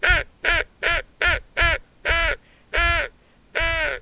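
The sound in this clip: Duck quacking: eight nasal, harmonic quacks in a steady series, the last three longer and fuller than the first five, with a brief pause between each.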